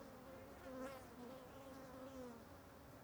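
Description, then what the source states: Fly: buzzing flies, overlapping wingbeat whines rising and falling in quick succession. Ambience of many flies flying over something.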